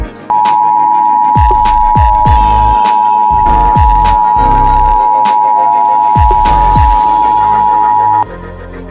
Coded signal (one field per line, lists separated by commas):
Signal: Emergency Alert System (SAME) tones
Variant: 853 and 960 Hz attention tone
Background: music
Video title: EAS Mocks: Behind the scenes